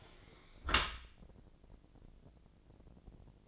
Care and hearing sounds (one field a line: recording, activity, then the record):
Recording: daily activity, microphone in the room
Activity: close dishwasher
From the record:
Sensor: 5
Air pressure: 1012.4 hPa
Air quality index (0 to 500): 158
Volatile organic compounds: 2 ppm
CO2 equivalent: 1073 ppm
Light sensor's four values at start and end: 117/282/120/133 and 118/283/120/135